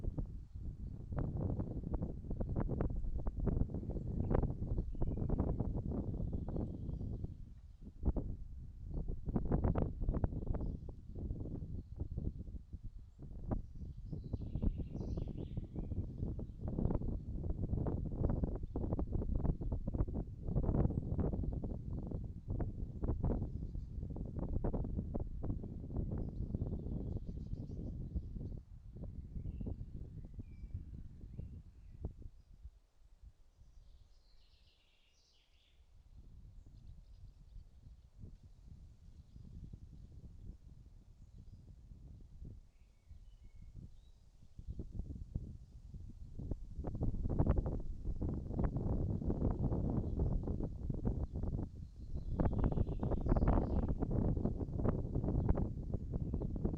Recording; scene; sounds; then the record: everyday scene through a hearing-aid microphone; wind on the microphone; wind, birds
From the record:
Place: in front of a rural house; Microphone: in the ear canal, right